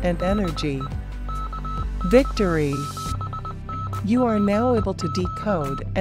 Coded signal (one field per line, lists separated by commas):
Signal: Morse code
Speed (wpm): 20 wpm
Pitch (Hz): 1300 Hz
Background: speech, music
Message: DE KK7NPQ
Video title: Frustration-free Morse Code